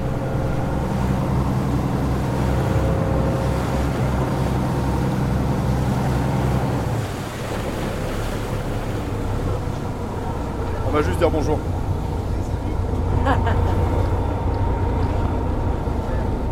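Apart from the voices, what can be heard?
boat engine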